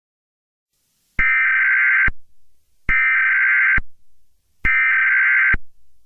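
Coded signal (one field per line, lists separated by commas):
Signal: Emergency Alert System (SAME) tones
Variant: header bursts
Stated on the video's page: Simulated EAS scenario, not a real alert.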